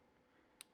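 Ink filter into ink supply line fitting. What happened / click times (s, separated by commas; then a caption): The filter pushed into its fitting / 0.6 s. A replacement C-filter on the ink supply line of a Brother GTX garment printer is pushed by hand into its fitting so it is fully in before any tightening. A short, sharp click is heard at 0.6 s against quiet background, and the filter is seated.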